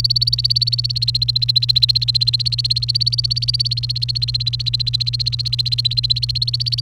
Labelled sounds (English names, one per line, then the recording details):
Domestic Canary song
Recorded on 29 April 2018 at 08:39
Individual llb3